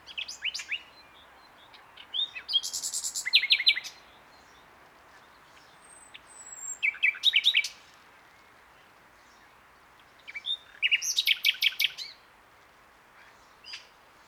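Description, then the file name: Common nightingale singing several phrases of rapid, rattling repeated notes and high whistles, separated by short quiet gaps, with a soft final note. "Luscinia megarhynchos"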